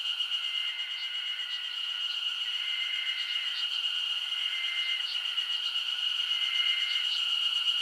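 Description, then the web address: Insects keep up a shrill, continuous ringing, with longer trilled phrases coming and going every couple of seconds and faint ticks. Japanese summer insect ambience. "Sound Effects-Foundation 1 AMBIENCE JAPANESE SUMMER INSECTS 01"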